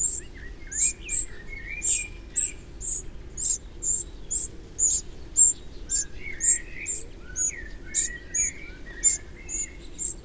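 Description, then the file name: Eurasian wren calls: short, very high, sharp ticking notes repeated in a rapid series, while other birds give lower sliding whistles and chirps in the background. "Troglodytes troglodytes"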